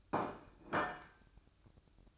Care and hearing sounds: daily activity, microphone in the room; place plate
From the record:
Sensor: 2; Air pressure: 1007.4 hPa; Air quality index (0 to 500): 42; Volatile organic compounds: 1 ppm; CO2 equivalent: 546 ppm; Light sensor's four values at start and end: 6/16/6/7 and 6/16/6/7

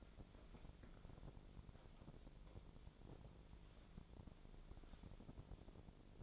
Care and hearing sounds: daily activity, microphone in the room; wipe stove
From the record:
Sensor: 5

